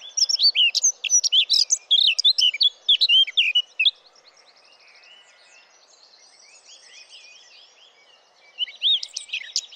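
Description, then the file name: Eurasian blackcap song: a loud, rapid warbled phrase of mixed fluty and harsh notes, a few quieter seconds with soft trilling, then warbling again. "Sylvia atricapilla"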